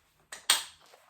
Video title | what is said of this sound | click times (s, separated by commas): How to use the LennyLamb Upgrade Carrier, with Rucksack Style Straps | nice audible click | 0.3 s, 0.5 s